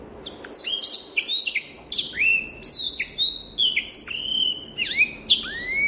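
Rüppell's warbler song: a quick run of slurred whistles, many dropping sharply then rising, mixed with dry clicks.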